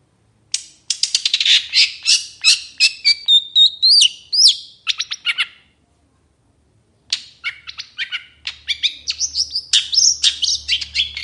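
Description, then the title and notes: Long-tailed shrike song: rapid scratchy chattering mixed with short rising whistles, a brief pause, then more varied squeaky notes. Cendet singing in the morning with 'toet toet' variations, used as a lure to prompt silent, stalled or stressed cendet to sing within five seconds. "Cendet Gacor Dor Di Kala Pagi Toet Toet Variasi Suara. PANCINGAN CENDET MALAS BUNYI CENDET MACET CENDET STRESS. Burung cendet"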